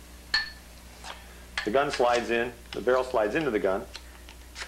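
A paintball marker barrel is being handled and slid into the gun body, where it will twist-lock. A short metallic clink sounds at about 0.3 s, and someone talks over the handling. Nothing has seated or clicked yet.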